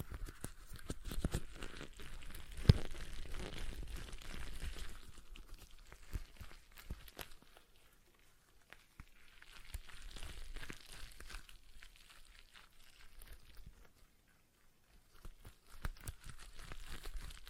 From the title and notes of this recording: ASMR Relaxing Stress Ball Sounds (No Talking).